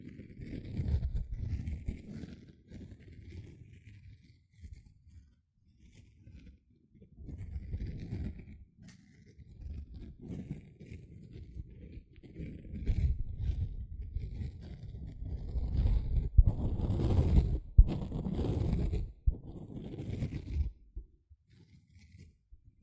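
A sponge is worked in repeated rough strokes, each a low, gritty scrubbing rush of a second or two with short pauses between. The strokes grow heavier and denser around the middle, peak near seventeen seconds, then ease off into quieter rubbing.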